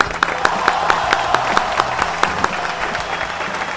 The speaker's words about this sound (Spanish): Aplauso para todos estos queridos oyentes que participaron por otra consigna más de Alta Tarde.